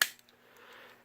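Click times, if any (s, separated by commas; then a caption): 0.0 s. During the robot-mode transformation of a plastic Transformers Cybertron Deluxe Buzzsaw figure, the back section is folded down into the torso and locks with a single sharp snap at 0.0 s. Two faint light ticks follow at about 0.2 s and 0.3 s, then low handling noise. The back panel is seated.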